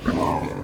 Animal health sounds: contact call of a hoofed animal; wild boar; grunt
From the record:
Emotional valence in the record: negative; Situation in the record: naturally occurring agonistic interactions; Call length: 0.64 s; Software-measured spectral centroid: 1800 Hz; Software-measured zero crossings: 1510 a second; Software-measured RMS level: -24 dBFS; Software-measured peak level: -9 dBFS

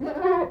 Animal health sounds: contact call of a hoofed animal; goat; low-frequency (closed-mouth) or high-frequency (open-mouth) call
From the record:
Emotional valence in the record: negative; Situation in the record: food frustration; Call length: 0.51 s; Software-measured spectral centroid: 1070 Hz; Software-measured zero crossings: 1100 a second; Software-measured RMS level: -24 dBFS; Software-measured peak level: -11 dBFS

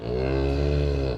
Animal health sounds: contact call of a hoofed animal; cattle; low-frequency (closed-mouth) or high-frequency (open-mouth) call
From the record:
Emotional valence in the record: negative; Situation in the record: full separation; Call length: 1.18 s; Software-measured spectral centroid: 1240 Hz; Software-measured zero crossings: 890 a second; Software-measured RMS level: -24 dBFS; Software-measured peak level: -12 dBFS

